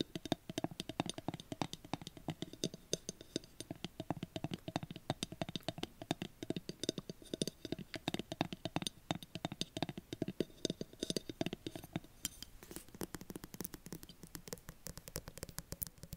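Tapping and scratching go on without a break, a dense, irregular stream of quick clicks and taps, several per second. Between the sharp hits runs a low, rough scraping. Near the end the taps turn slightly brighter and crisper.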